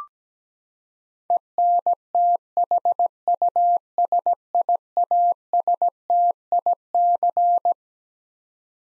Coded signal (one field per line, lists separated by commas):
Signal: Morse code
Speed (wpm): 17 wpm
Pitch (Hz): 700 Hz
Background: none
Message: ENTHUSIASTIC